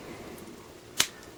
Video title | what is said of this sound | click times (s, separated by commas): LG Optimus 2X unboxing video | there we go and that all snaps into place back is a little bit plasticky | 1.0 s